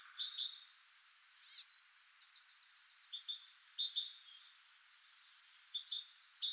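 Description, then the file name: Great tit calls: short paired notes near mid-high pitch repeated in bursts, with thin higher whistled notes scattered between them. "Parus major"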